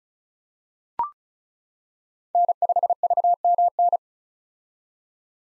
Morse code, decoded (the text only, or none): N5VMN